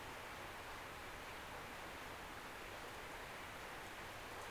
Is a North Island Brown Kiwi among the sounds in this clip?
no